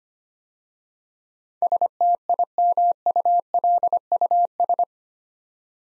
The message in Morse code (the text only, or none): STIMULUS